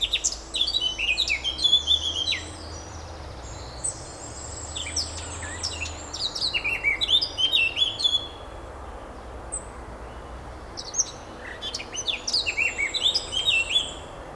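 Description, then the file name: Eurasian blackcap calls: bursts of high chirping and short whistled notes come in several bouts throughout, with quieter gaps and steady hiss between. "Sylvia atricapilla"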